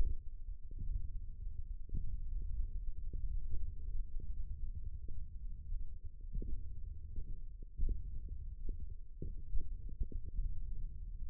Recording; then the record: forearm muscle sounds (acoustic myography)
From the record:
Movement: index flexion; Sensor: system 1, eight BSWA MPA416 microphones around the upper forearm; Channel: 7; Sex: male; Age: 20 years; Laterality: left